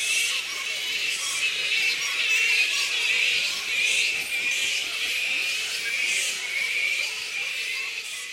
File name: Black Fruit Bats -Pteropus alecto Colony Squeaks